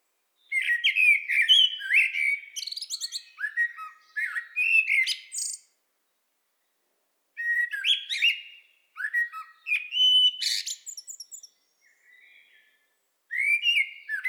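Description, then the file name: Common blackbird delivering several fluted, warbling phrases with high scratchy codas, separated by short pauses, then a new phrase starting. "Turdus merula"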